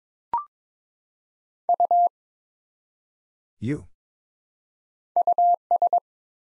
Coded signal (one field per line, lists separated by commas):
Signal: Morse code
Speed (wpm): 22 wpm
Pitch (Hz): 700 Hz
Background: none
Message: U US